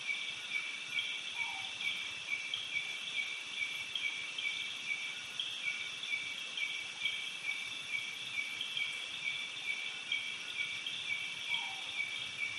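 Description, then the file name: Cicadas give a steady, high, shrill drone with a pulsing rhythm, while a couple of short bird notes sit underneath. Cicadas and other insects at night, with birds, Doi Suthep National Park, Thailand. "insects cicada birds flowing water creek night doi suthep national park thailand"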